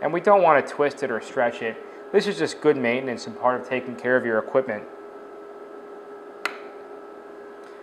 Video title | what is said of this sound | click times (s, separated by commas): Aeroflex 3920B Radio Autotest and Alignment Tutorial | probably heard that little snap that means that Q MA is correctly engaged into the receptacle | 6.5 s